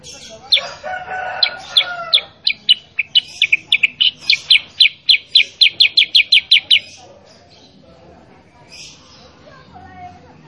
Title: Masteran Kutilang Sutra. Kutilang Sutra mana YANG GAK NYAUT dan IKUT BUNYI GACOR dengan suara Kutilang Sutra Super GACOR Ini